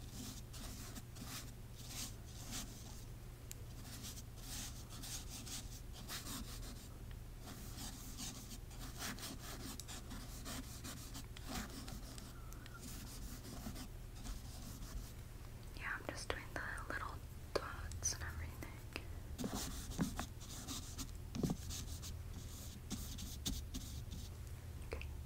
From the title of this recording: Painting On Your Face